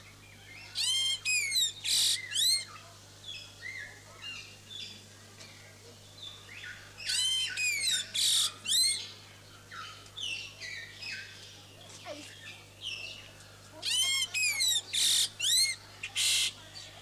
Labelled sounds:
White-winged Grosbeak (Mycerobas carnipes) song
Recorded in captivity
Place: Zoo Berlin, Berlin, DE
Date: 2006-06-07 17:00
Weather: fair, 16°C
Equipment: Grundig CR 110, Sennheiser ME 80, Kopie Uher 4000 Report Monitor
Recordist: Tembrock, Günter

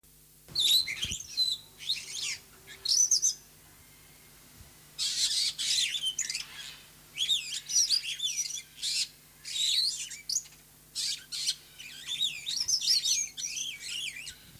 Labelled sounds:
Superb Starling (Lamprotornis superbus) song
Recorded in captivity
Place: Zoo Berlin, Berlin, DE
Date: 2003-09-05 17:08
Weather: fair, ca. 22°C
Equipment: Fair Mate ST-1328 (Asahi Electronics, Japan), Sennheiser ME 80, Kopie Uher 4000 Report Monitor
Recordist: Tembrock, Günter

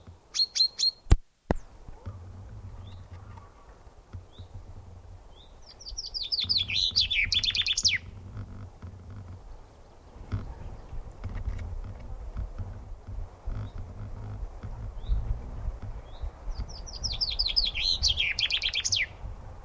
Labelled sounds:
Common Chaffinch (Fringilla coelebs)
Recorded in the wild
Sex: male
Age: adult
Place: Garmisch-Partenkirchen, Bayern, DE
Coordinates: 47.4931, 11.0633
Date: 1962-04-16
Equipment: Stellavox SM 5, Original, Vollspur
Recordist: Tretzel, Erwin
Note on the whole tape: Garmisch-Partenkirchen, Almhütte. Männchen: Gesang und Rufe (Schlag mit Garmischer Dialekt, unvollständig. Ein kurzes, breites "Weltregiert". Ein 3. Schlag)

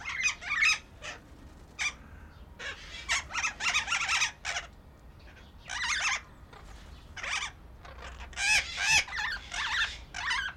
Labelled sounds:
Slender-billed Parakeet (Enicognathus leptorhynchus)
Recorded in captivity
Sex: group
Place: Zoo Berlin, Berlin, DE
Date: 1994-02-11 12:27
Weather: Bedeckt, 4°C
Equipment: Marantz CP 130, Sennheiser ME 80, Kopie Uher Variocord 263
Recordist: Tembrock, Günter
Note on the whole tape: Laute in Gruppe

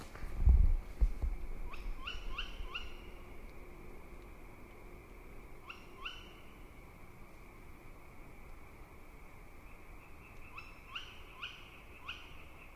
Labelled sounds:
Tawny Owl (Strix aluco) call
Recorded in the wild
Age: juvenile
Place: Kützerhof, Kummerower See, Mecklenburg-Vorpommern, DE
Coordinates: 53.87, 12.8672
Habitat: wood
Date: 2010-05-20 23:18
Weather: cloudy, 15°C, weak winds
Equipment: Sound Devices 702, Sennheiser MKH 70, Rycote Windschutz
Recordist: Frommolt, Karl-Heinz

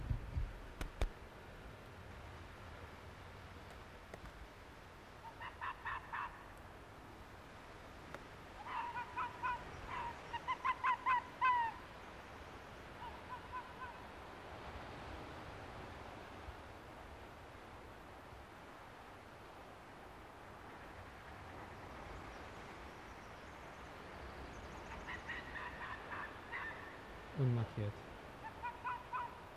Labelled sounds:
Arctic Fox (Vulpes lagopus) barking
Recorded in the wild
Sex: female
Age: adult
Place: Insel Mednyi, Kommandeur-Inseln, RU
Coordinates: 54.5167, 168.083
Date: 1999-07-27
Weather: heiter, windstill, 9°C
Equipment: Sony WM-D6C, Sennheiser MKH 70, Windkorb, Kopie Tascam DA 30
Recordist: Frommolt, Karl-Heinz

